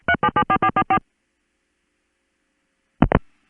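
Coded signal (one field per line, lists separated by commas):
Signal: DTMF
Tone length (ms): 60 ms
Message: 3774444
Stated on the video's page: Recordings of the old long-distance telephone network in northern urban cities, 1974-1978.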